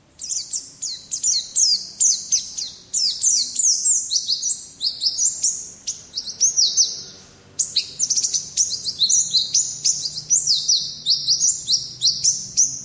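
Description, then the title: White-eye in sustained song: dense, very high twittering phrases packed closely together, with one short gap midway before the chatter resumes. Song in the ngalas singing style. "Pleci ngalas"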